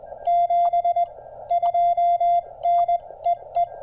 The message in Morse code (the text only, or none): 72 NEE